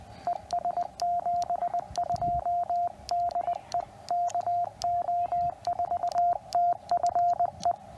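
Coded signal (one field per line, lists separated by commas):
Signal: Morse code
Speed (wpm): 20 wpm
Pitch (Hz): 690 Hz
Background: radio noise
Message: ES 72 DE KO4TFE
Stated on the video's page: QRP CW Parks on the Air activation with a QMX radio running under 5 watts, working DX.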